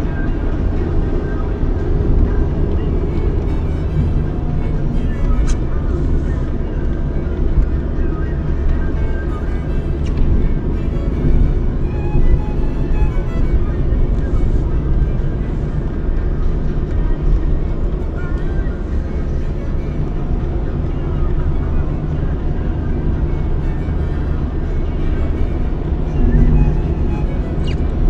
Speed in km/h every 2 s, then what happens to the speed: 64, 64, 56, 55, 56, 57, 57, 58, 58, 56, 61, 61, 61, 61.
2-5 slows to 55. 5-28 steady at about 58.